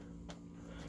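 A black wire is pressed into a piercing clip-on connector while installing a twin-engine plug-and-play harness on a Yamaha jet boat. A brief, sharp click at 0.3 s rises above a steady low hum, and the connector locks in place, seated.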